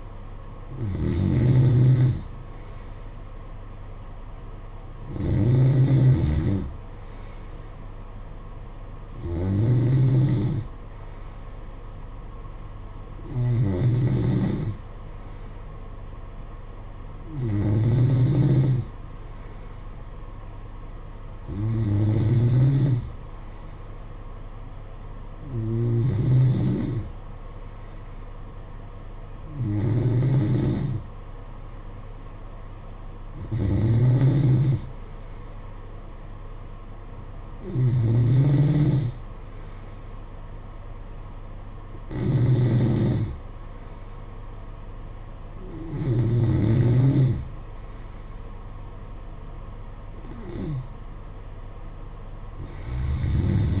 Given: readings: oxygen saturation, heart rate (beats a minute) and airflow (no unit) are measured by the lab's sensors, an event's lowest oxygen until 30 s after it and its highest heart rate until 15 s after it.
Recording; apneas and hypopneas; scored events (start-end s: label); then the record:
breathing in sleep by a smartphone at the bedside; none
none scored
From the record:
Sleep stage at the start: N3 (deep sleep); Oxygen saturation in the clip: 92 to 93%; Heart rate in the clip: 53 to 58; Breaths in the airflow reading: 13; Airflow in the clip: -9.0 to 8.1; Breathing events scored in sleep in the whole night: 476 in 9.7 hours asleep